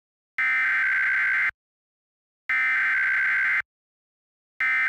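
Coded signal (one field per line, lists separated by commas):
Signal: Emergency Alert System (SAME) tones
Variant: header bursts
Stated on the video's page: Fictional EAS scenario made with valid EAS tones.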